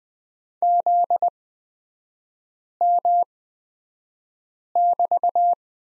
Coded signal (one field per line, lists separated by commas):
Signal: Morse code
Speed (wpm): 20 wpm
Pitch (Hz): 700 Hz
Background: none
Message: ZM<BT>